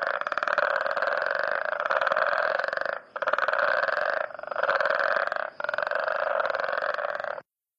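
Frog: a rasping, fast-pulsed trill in several long bursts with short pauses, ending abruptly in silence.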